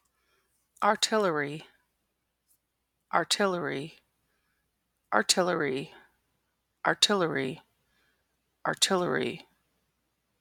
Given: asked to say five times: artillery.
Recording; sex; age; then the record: repeated word; female; 30 to 39 years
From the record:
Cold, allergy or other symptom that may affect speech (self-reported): no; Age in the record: 36 years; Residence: Wisconsin, United States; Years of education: 18